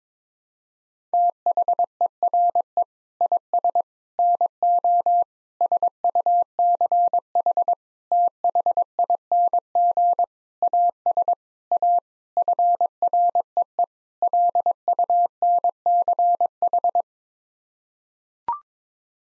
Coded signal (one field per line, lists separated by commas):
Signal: Morse code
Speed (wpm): 22 wpm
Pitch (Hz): 700 Hz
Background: none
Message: THERE IS NO SUCH THING AS A FREE LUNCH